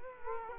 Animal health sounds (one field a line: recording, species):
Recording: mosquito wingbeat signal from an infrared sensor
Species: Culex quinquefasciatus